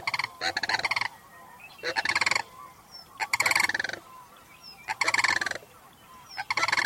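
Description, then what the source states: Sandhill cranes calling: loud rolling, rattling bugles in bursts about every one and a half seconds. Cranes returning in fall to their winter home in the Sacramento region, calling at sunset over Mount Diablo while coming home to roost.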